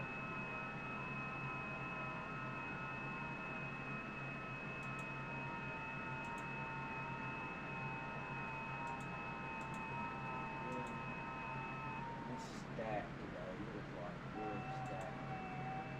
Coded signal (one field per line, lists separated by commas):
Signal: FT8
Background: speech